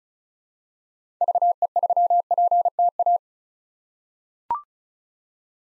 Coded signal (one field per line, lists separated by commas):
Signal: Morse code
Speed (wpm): 36 wpm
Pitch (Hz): 700 Hz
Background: none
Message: VE3PTA